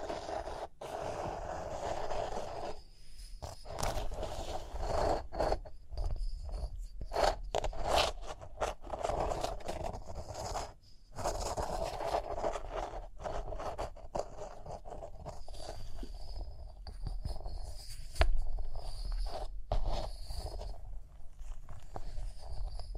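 Rhinestones are tapped, scratched and brushed in a dense, busy run of small clicks and rasping strokes. Sharp taps land irregularly throughout, over a steady low rumble, with a brief quieter gap near eleven seconds before the scratching resumes.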